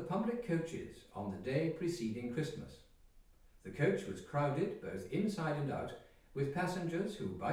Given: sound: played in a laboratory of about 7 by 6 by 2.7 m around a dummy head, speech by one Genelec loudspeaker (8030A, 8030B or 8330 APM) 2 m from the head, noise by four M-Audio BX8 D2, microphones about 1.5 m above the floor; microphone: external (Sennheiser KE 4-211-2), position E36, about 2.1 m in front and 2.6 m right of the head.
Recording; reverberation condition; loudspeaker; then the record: male speech in English; medium; 120 degrees to the left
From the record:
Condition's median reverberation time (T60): about 510 ms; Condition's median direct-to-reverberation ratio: about -0.5 dB